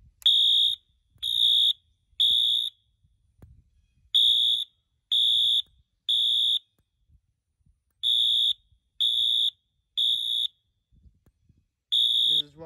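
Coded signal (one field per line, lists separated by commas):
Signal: alarm pattern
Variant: Temporal-3 (Code 3)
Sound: harsh high horn sounding three half-second beeps, pause, repeated four times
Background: quiet room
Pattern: temporal three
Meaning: Fire alarm evacuation signal: leave the building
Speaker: is code three horn this is one of my favorite towns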